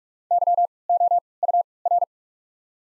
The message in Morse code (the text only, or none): Y O U R